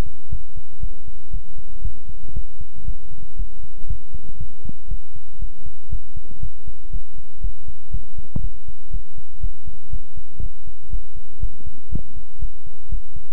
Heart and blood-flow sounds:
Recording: heart sounds by stethoscope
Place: between the tricuspid and mitral areas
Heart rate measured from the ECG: 119 bpm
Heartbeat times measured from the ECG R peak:
0.30 s: heartbeat
0.80 s: heartbeat
1.31 s: heartbeat
1.82 s: heartbeat
2.33 s: heartbeat
2.85 s: heartbeat
3.36 s: heartbeat
3.87 s: heartbeat
4.38 s: heartbeat
4.88 s: heartbeat
5.39 s: heartbeat
5.89 s: heartbeat
6.40 s: heartbeat
6.91 s: heartbeat
7.41 s: heartbeat
7.91 s: heartbeat
8.41 s: heartbeat
8.91 s: heartbeat
9.40 s: heartbeat
9.90 s: heartbeat
10.40 s: heartbeat
10.90 s: heartbeat
11.40 s: heartbeat
11.89 s: heartbeat
12.39 s: heartbeat
12.89 s: heartbeat
From the record:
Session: pedaling a stationary bicycle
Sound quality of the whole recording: good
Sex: male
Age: 24 years

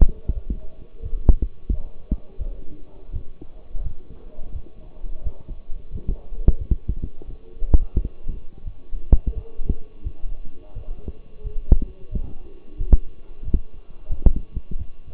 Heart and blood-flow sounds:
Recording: heart sounds by stethoscope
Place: between the tricuspid and mitral areas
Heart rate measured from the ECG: 87 bpm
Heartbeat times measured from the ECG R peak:
0.34 s: heartbeat
1.02 s: heartbeat
1.70 s: heartbeat
2.38 s: heartbeat
3.11 s: heartbeat
3.82 s: heartbeat
4.52 s: heartbeat
5.23 s: heartbeat
5.91 s: heartbeat
6.58 s: heartbeat
7.27 s: heartbeat
7.94 s: heartbeat
8.64 s: heartbeat
9.34 s: heartbeat
10.03 s: heartbeat
10.74 s: heartbeat
11.43 s: heartbeat
12.10 s: heartbeat
12.77 s: heartbeat
13.44 s: heartbeat
14.09 s: heartbeat
14.77 s: heartbeat
From the record:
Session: walking at 3.7 km/h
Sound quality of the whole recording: partially saturated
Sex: male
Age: 24 years

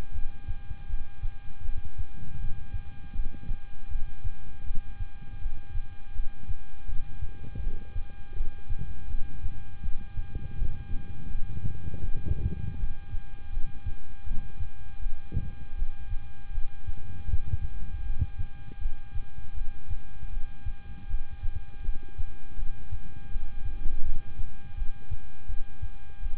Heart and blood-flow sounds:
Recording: heart sounds by stethoscope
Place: between the tricuspid and mitral areas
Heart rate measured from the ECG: 81 bpm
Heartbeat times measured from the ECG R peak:
0.12 s: heartbeat
0.87 s: heartbeat
1.62 s: heartbeat
2.37 s: heartbeat
3.12 s: heartbeat
3.88 s: heartbeat
4.64 s: heartbeat
5.39 s: heartbeat
6.13 s: heartbeat
6.86 s: heartbeat
7.60 s: heartbeat
8.34 s: heartbeat
9.08 s: heartbeat
9.81 s: heartbeat
10.55 s: heartbeat
11.28 s: heartbeat
12.01 s: heartbeat
12.77 s: heartbeat
13.50 s: heartbeat
14.24 s: heartbeat
14.99 s: heartbeat
15.75 s: heartbeat
16.51 s: heartbeat
17.26 s: heartbeat
18.03 s: heartbeat
18.78 s: heartbeat
19.54 s: heartbeat
20.30 s: heartbeat
21.07 s: heartbeat
21.82 s: heartbeat
22.55 s: heartbeat
23.29 s: heartbeat
24.03 s: heartbeat
24.75 s: heartbeat
25.47 s: heartbeat
26.20 s: heartbeat
From the record:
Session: rest, lying down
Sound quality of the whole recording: good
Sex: male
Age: 26 years

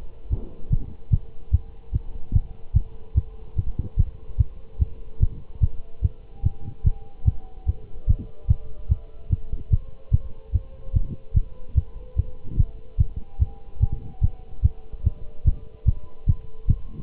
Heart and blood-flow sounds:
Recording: heart sounds by stethoscope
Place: between the tricuspid and mitral areas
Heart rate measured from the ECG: 147 bpm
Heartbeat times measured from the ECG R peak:
0.32 s: heartbeat
0.72 s: heartbeat
1.12 s: heartbeat
1.53 s: heartbeat
1.94 s: heartbeat
2.35 s: heartbeat
2.75 s: heartbeat
3.16 s: heartbeat
3.58 s: heartbeat
3.98 s: heartbeat
4.39 s: heartbeat
4.81 s: heartbeat
5.21 s: heartbeat
5.62 s: heartbeat
6.03 s: heartbeat
6.45 s: heartbeat
6.86 s: heartbeat
7.27 s: heartbeat
7.68 s: heartbeat
8.09 s: heartbeat
8.49 s: heartbeat
8.90 s: heartbeat
9.31 s: heartbeat
9.72 s: heartbeat
10.13 s: heartbeat
10.54 s: heartbeat
10.95 s: heartbeat
11.35 s: heartbeat
11.77 s: heartbeat
12.18 s: heartbeat
12.58 s: heartbeat
12.99 s: heartbeat
13.41 s: heartbeat
13.82 s: heartbeat
14.23 s: heartbeat
14.64 s: heartbeat
15.05 s: heartbeat
15.46 s: heartbeat
15.87 s: heartbeat
16.28 s: heartbeat
16.69 s: heartbeat
From the record:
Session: Bruce protocol treadmill stress test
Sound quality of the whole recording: good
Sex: male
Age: 25 years

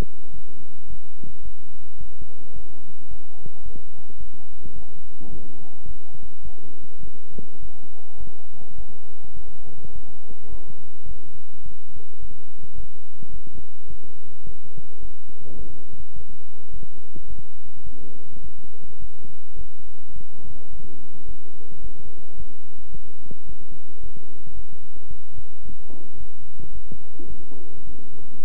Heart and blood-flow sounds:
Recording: heart sounds by stethoscope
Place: between the tricuspid and mitral areas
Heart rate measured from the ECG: 107 bpm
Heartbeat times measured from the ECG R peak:
0.32 s: heartbeat
0.88 s: heartbeat
1.43 s: heartbeat
1.98 s: heartbeat
2.54 s: heartbeat
3.09 s: heartbeat
3.63 s: heartbeat
4.18 s: heartbeat
4.74 s: heartbeat
5.30 s: heartbeat
5.86 s: heartbeat
6.43 s: heartbeat
7.01 s: heartbeat
7.61 s: heartbeat
8.18 s: heartbeat
8.76 s: heartbeat
9.35 s: heartbeat
9.93 s: heartbeat
10.50 s: heartbeat
11.07 s: heartbeat
11.64 s: heartbeat
12.20 s: heartbeat
12.76 s: heartbeat
13.32 s: heartbeat
13.88 s: heartbeat
14.45 s: heartbeat
15.00 s: heartbeat
15.57 s: heartbeat
16.14 s: heartbeat
16.72 s: heartbeat
17.28 s: heartbeat
17.84 s: heartbeat
18.42 s: heartbeat
19.00 s: heartbeat
19.57 s: heartbeat
20.14 s: heartbeat
20.71 s: heartbeat
21.26 s: heartbeat
21.82 s: heartbeat
22.37 s: heartbeat
22.92 s: heartbeat
23.47 s: heartbeat
24.01 s: heartbeat
24.55 s: heartbeat
25.08 s: heartbeat
25.63 s: heartbeat
26.18 s: heartbeat
26.73 s: heartbeat
27.28 s: heartbeat
27.85 s: heartbeat
28.43 s: heartbeat
From the record:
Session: bicycle stress test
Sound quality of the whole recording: good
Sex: male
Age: 23 years

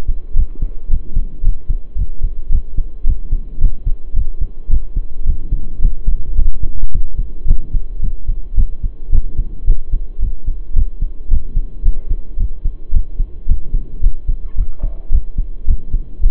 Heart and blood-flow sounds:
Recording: heart sounds by stethoscope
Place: between the tricuspid and mitral areas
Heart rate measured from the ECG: 110 bpm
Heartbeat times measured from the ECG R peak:
0.35 s: heartbeat
0.89 s: heartbeat
1.43 s: heartbeat
1.97 s: heartbeat
2.50 s: heartbeat
3.05 s: heartbeat
3.60 s: heartbeat
4.14 s: heartbeat
4.69 s: heartbeat
5.25 s: heartbeat
5.80 s: heartbeat
6.36 s: heartbeat
6.91 s: heartbeat
7.47 s: heartbeat
8.01 s: heartbeat
8.56 s: heartbeat
9.11 s: heartbeat
9.66 s: heartbeat
10.21 s: heartbeat
10.75 s: heartbeat
11.30 s: heartbeat
11.84 s: heartbeat
12.38 s: heartbeat
12.92 s: heartbeat
13.47 s: heartbeat
14.02 s: heartbeat
14.56 s: heartbeat
15.11 s: heartbeat
15.66 s: heartbeat
16.21 s: heartbeat
From the record:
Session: pedaling a stationary bicycle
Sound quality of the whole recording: saturated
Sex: male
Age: 23 years

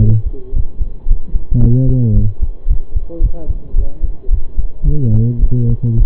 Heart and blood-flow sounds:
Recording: heart sounds by stethoscope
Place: between the tricuspid and mitral areas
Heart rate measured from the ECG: 110 bpm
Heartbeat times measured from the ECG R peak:
0.53 s: heartbeat
1.06 s: heartbeat
1.60 s: heartbeat
2.13 s: heartbeat
2.67 s: heartbeat
3.20 s: heartbeat
3.74 s: heartbeat
4.29 s: heartbeat
4.84 s: heartbeat
5.39 s: heartbeat
5.97 s: heartbeat
From the record:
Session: pedaling a stationary bicycle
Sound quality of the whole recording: saturated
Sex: male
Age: 25 years

